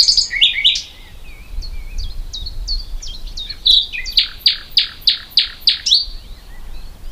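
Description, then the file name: Common nightingale song: twisting chirps and slurred notes, then a loud sequence of about eight emphatic, evenly spaced clicking chips. "Luscinia megarhynchos"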